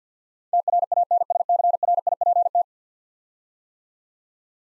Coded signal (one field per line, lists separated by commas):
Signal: Morse code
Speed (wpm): 47 wpm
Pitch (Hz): 700 Hz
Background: none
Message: TRANSCRIPT